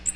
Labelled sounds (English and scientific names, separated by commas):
Magnolia Warbler (Setophaga magnolia) flight call